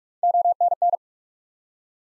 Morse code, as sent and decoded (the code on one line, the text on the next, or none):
--- -. -.
ONN